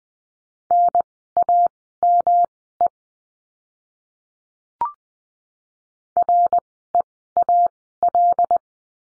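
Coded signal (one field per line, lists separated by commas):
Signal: Morse code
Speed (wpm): 20 wpm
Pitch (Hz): 700 Hz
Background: none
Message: NAME REAL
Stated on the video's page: Morse code course lesson on the letter M, words sent at Farnsworth speed 20/10 wpm.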